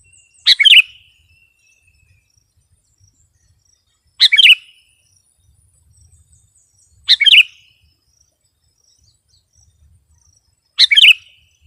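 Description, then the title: Sooty-headed bulbul singing a brief bubbly, slurred phrase, repeated four times at intervals of about three to four seconds, with silence between. "kutilang"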